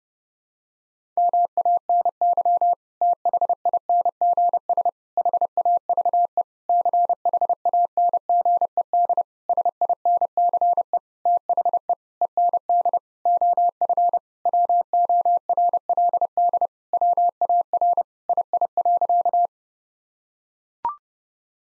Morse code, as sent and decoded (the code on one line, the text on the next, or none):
-- .- -. -.-- / - .... .. -. --. ... / .... .- ...- . / -.-. .... .- -. --. . -.. / ... .. -. -.-. . / - .... . / . -. -.. / --- ..-. / .-- --- .-. .-.. -.. / .-- .- .-. / .. .. .-.-.-
MANY THINGS HAVE CHANGED SINCE THE END OF WORLD WAR II.